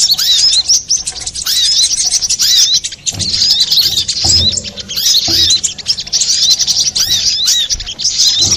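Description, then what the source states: Little spiderhunter producing long, nearly continuous high-pitched chattering with quick slurred chips, plus occasional dull low bumps. Masteran song of Sogok Ontong (little spiderhunter), labelled Labaik, for training cage birds.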